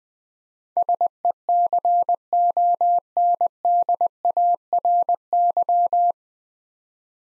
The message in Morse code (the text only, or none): SECONDARY